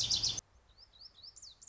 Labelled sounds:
Lazuli Bunting (Passerina amoena)
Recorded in Sonoma County, California

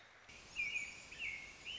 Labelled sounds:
American Robin (Turdus migratorius)
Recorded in Sonoma County, California

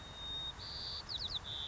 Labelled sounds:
White-crowned Sparrow (Zonotrichia leucophrys)
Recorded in Sonoma County, California

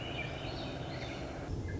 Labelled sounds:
Swainson's Thrush (Catharus ustulatus)
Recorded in Sonoma County, California

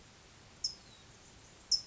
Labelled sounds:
California Towhee (Melozone crissalis)
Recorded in Sonoma County, California

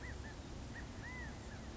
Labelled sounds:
California Quail (Callipepla californica)
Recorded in Sonoma County, California

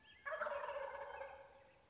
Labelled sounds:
Wild Turkey (Meleagris gallopavo)
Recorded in Sonoma County, California

